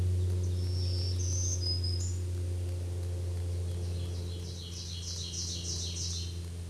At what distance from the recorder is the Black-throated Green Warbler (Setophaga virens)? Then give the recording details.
about 20 m. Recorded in a Pennsylvania forest on 1 June 2023 at 09:00. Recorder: AudioMoth, point grid3_17_low. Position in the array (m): 215 m, 168 m